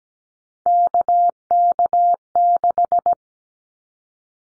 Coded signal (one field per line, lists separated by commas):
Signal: Morse code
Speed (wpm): 17 wpm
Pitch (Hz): 700 Hz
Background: none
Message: KK6